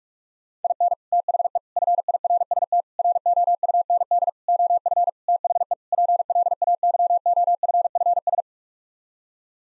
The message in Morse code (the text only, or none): IN THE FIRST ROUND OF THE PLAYOFFS